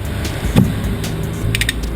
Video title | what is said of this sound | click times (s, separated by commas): BILSTEIN Installation instructions B3 air spring Mercedes-Benz E-Class S211 rear axle | you should hear the holding clip snap into place | 1.5 s